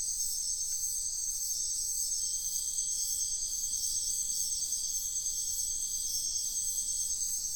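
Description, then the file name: Crickets chirping in a dense, high shimmering chorus, pulsing steadily without a break. Night ambience in a wetland at Sian Ka'an Biosphere Reserve, with crickets calling. "felix blume nature ambience wetland night frogs crickets insects sian kaan biosphere reserve"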